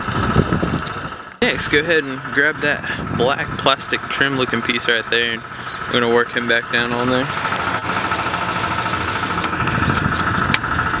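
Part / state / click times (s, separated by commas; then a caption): plastic trim piece into car door / seated / 10.5 s. A black plastic trim piece is worked back down into place on a BMW car door after a window regulator and motor install, while an engine idles and someone talks. At 10.5 s a sharp snap is heard as the trim piece seats back in.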